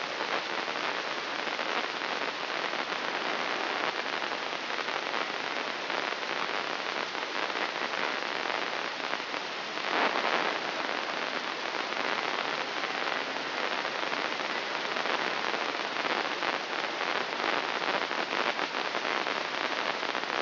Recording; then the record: brain microelectrode recording played as sound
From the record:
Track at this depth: inside the subthalamic nucleus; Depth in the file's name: 1.712 mm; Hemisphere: left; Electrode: 3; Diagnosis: Parkinson's disease